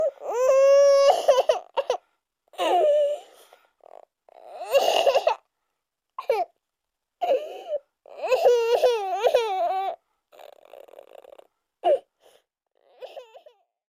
Baby Crying.